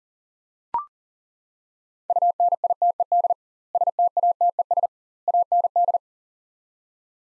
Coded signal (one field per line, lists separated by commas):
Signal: Morse code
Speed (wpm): 40 wpm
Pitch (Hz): 700 Hz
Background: none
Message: UNITED STATES AND